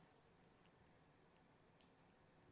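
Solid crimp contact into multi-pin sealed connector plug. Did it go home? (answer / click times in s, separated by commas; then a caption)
no / none. A solid crimp contact, the last of eight wires, is handled as it is pushed toward a multi-pin sealed Deutsch connector plug housing. Only faint scattered ticks and low handling noise are heard, with no talking. Nothing has seated or clicked yet.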